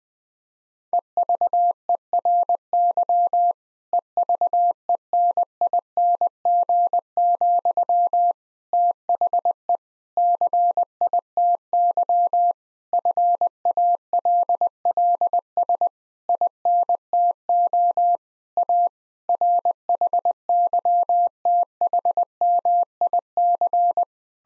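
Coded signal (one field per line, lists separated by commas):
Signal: Morse code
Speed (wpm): 20 wpm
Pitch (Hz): 700 Hz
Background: none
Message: EVERY EVENING, THE CITY FALLS INTO A RHYTHMIC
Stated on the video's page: Morse copy practice of difficult sentences with contextual hints at 20 wpm, each sentence sent in Morse code.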